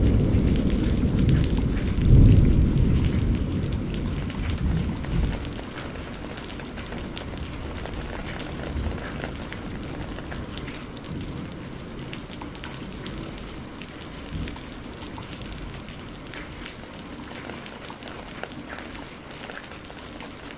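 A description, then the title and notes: A spring rainstorm: steady, dense rain hiss with pattering drops throughout. A deep, heavy rumble swells in the first few seconds, loudest around two seconds, like thunder, then eases off, leaving a softer, even wash of rain that continues to the end. Spring Rain Storm.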